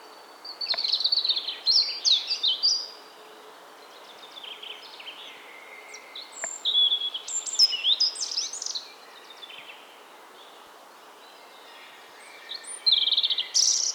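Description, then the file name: European robin song: fast twittering, tinkling phrases of varied pitch, separated by pauses of a few seconds. "Erithacus rubecula"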